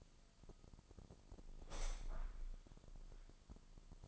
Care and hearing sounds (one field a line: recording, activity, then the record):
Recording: daily activity, microphone in the room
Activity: open window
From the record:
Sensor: 5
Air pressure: 1004.7 hPa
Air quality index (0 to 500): 80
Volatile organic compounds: 1 ppm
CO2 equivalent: 952 ppm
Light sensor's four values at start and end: 34/79/32/31 and 34/79/32/31